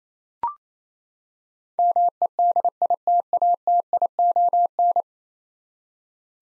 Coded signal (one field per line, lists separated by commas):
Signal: Morse code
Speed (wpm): 28 wpm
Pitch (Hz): 700 Hz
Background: none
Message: MEDITATION